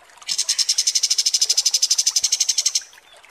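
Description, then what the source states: Kapas tembak bird producing one rapid, high, evenly pulsed rattling trill of about two and a half seconds, then falling quiet. Training song (masteran) for teaching songbirds.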